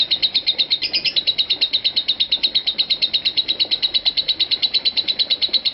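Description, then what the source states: Lovebird giving rapid, evenly spaced shrill chirps in one unbroken high-pitched run. Call style named konslet.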